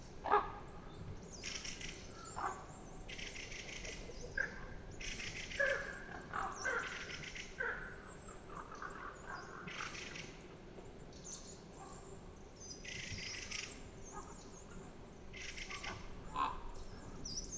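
A large flock of ravens passes on the way to roost, their harsh croaks and calls coming in rapid overlapping bursts throughout. The calls are set against a steady low outdoor rumble, with a few sharper cries early on.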